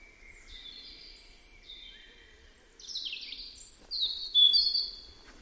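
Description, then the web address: European robin song: faint thin notes at first, then louder descending and sustained high whistled phrases in the second half. "Deverinetal 2025 File origin Bird Only Er Ru"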